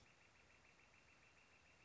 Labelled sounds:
Northern Flicker (Colaptes auratus)
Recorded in Sonoma County, California

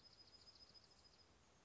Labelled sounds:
Dark-eyed Junco (Junco hyemalis)
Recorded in Sonoma County, California

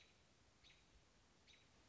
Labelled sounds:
American Robin (Turdus migratorius)
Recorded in Sonoma County, California

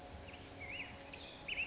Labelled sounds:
Black-headed Grosbeak (Pheucticus melanocephalus)
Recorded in Sonoma County, California

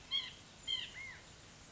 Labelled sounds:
White-breasted Nuthatch (Sitta carolinensis)
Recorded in Sonoma County, California

